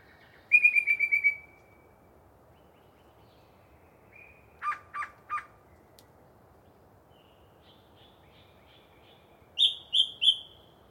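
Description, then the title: Yellow-breasted chat song: a rapid chatter of notes, then three harsh chucks, soft trills and a final burst of three high notes, with quiet gaps between phrases. Long pre-dawn singing session by one particularly chatty bird in deciduous cover. "A Very Chatty Yellow-breasted Chat"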